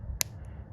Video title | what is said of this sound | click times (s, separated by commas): 2013 jeep wrangler headlights and fog light installation ￼ | you hear that click and then it doesn't squeeze down anymore. | 0.2 s